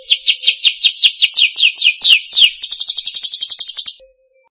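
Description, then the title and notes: Bird singing a fast, loud series of repeated sweeping whistled notes, shifting to a quicker chatter before stopping abruptly; a faint low tone at the start and end. Indonesia. "Kumpulan Kicau Burung Indonesia"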